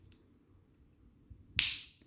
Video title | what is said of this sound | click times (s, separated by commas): How to Replace Pad-Pal Parts Using Victorinox Classic SD | and then there we go it popped into place now usually the center pops into place but you can see the edges | 1.6 s